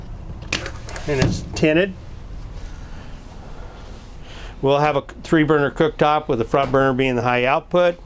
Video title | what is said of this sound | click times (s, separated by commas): Stock #2442 2013 22-foot Leprechaun Class C Motor Home | easy to open locks in place and you | 0.5 s